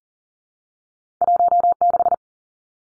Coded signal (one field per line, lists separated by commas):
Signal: Morse code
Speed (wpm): 40 wpm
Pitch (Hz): 700 Hz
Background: none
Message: 16